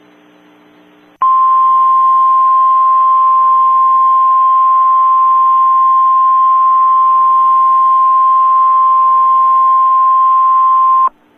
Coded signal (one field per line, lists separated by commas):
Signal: Emergency Alert System (SAME) tones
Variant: 1050 Hz attention tone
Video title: Judge Judy interupted by a EMERGENCY ALERT SYSTEM test